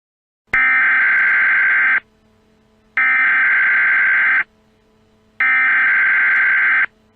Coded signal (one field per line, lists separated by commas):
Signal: Emergency Alert System (SAME) tones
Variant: header bursts